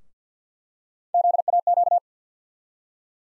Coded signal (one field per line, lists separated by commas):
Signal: Morse code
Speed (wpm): 48 wpm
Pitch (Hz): 700 Hz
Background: none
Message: ZAQ